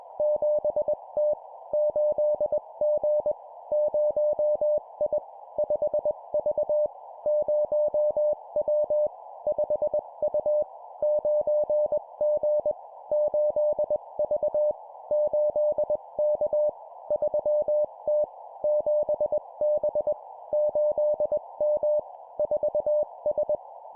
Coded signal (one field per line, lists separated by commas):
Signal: Morse code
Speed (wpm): 21 wpm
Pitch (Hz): 600 Hz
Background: none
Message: 7T 8G 0I 5V 0W 5U 9G 8V 8K 3T 7B 8M 4S